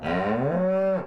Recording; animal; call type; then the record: contact call of a hoofed animal; cattle; low-frequency (closed-mouth) or high-frequency (open-mouth) call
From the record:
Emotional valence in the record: negative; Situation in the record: full separation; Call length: 1.07 s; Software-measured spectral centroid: 1010 Hz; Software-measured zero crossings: 1190 a second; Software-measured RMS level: -24 dBFS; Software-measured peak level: -12 dBFS